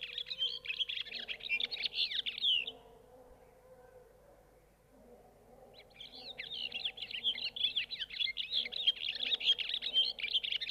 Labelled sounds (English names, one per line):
European Serin song